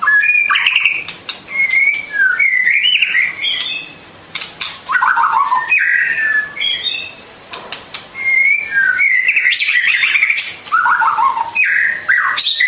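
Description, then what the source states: Bird song of lively whistled trills and falling slides in long bursts, briefly pausing now and then. Complete masteran birdsong for training.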